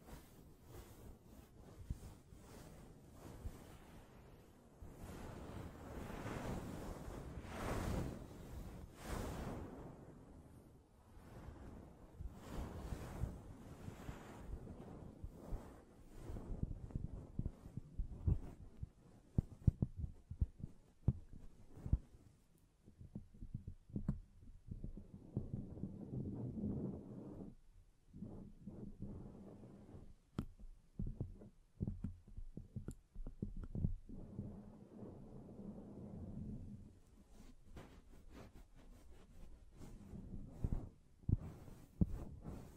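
Hands brush, scratch and tap against a microphone, making rough, rushing swells that come and go every second or two, dotted with sharp taps. The first twenty seconds are densest; later the scratching thins out, with brief near-silent gaps and a low steady hum underneath.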